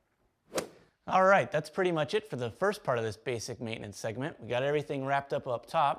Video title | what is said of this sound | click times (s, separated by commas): How to take care your car | and when you hear it click, you're set. Just move on to the other side. | 0.6 s